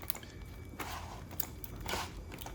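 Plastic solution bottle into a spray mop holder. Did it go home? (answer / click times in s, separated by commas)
no / none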